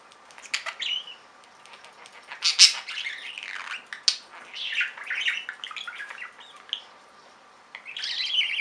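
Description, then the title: Budgerigar chatter with scattered squeaky notes and sliding warbles, quieter at first, then a burst of chirping at the end. "Budgie Sounds"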